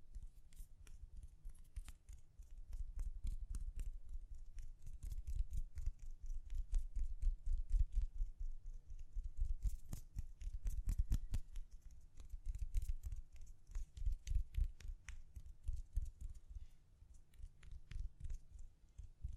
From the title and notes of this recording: ASMR Gently Tapping. (No Talking).